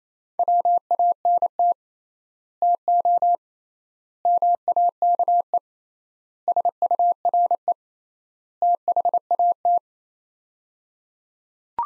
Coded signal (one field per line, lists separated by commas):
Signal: Morse code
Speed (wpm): 27 wpm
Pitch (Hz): 700 Hz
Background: none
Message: WANT TO MAKE SURE THAT